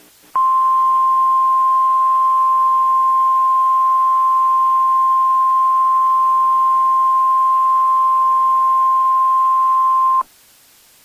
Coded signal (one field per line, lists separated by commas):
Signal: Emergency Alert System (SAME) tones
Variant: 1050 Hz attention tone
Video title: EAS MOCK - Turn around and don't drown!